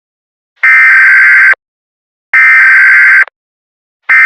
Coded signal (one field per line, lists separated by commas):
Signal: Emergency Alert System (SAME) tones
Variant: header bursts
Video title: DO NOT LOOK UP: An EAS Mock